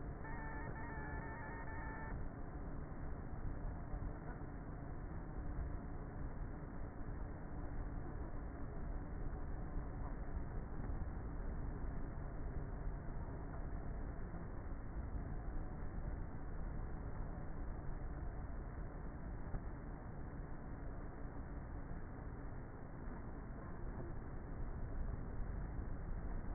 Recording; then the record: honeybee colony, microphone inside the hive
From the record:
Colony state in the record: queenless with a low population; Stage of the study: before two queens were removed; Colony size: about 30,000 bees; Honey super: no